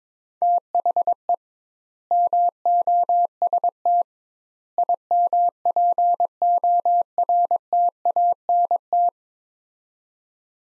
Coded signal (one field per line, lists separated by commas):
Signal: Morse code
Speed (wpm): 22 wpm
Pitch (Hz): 700 Hz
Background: none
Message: THE MOST IMPORTANT